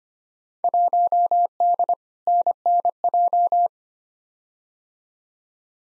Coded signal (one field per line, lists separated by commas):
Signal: Morse code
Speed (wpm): 25 wpm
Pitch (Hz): 700 Hz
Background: none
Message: 1D NNJ